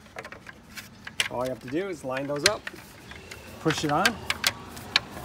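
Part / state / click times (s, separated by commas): plastic wheel skin onto car wheel / not seated / none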